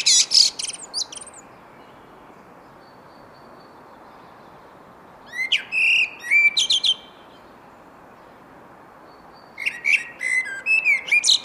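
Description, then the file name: Common blackbird delivering a high twittery fragment, then two phrases of low fluty whistles ending in thin squeaks, with long pauses between them. "Turdus merula"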